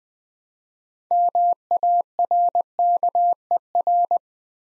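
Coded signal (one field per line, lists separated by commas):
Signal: Morse code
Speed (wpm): 20 wpm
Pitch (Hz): 700 Hz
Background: none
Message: MARKER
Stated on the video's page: Morse word-building drill at 20 wpm: 6-letter words sent three letters at a time.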